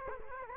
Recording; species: mosquito wingbeat signal from an infrared sensor; Culex quinquefasciatus